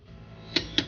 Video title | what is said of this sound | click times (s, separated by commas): How To Change Your Snow Tires At Home | click and the bottom is | 0.6 s